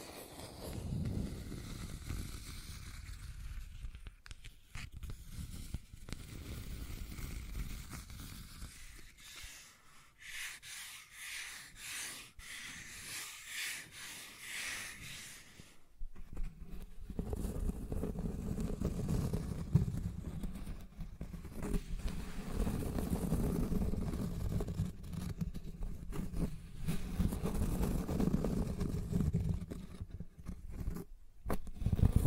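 Scratching and tracing sounds, a rough, continuous rubbing that shifts in pitch and texture over about thirty seconds. The middle stretch turns lighter and brighter with quick scratchy strokes, then the rubbing grows heavier and lower, broken by a few sharp clicks near the end.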